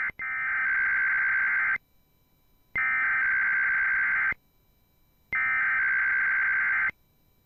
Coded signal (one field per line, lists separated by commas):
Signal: Emergency Alert System (SAME) tones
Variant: header bursts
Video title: (10/04/2021) IPAWSCAP Weeklies (EAS 424-429)